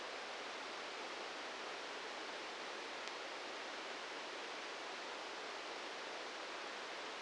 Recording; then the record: brain microelectrode recording played as sound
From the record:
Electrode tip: outside the subthalamic nucleus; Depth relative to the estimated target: 3 mm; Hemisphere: left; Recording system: NeuroSet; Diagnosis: Parkinson's disease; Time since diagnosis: 13 years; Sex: male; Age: 66 years